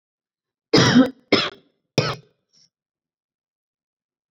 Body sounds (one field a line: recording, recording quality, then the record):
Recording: heavy voluntary cough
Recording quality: excellent, no background noise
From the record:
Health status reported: recovered from COVID-19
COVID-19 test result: negative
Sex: female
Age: 33 years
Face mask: not worn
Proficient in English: yes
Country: India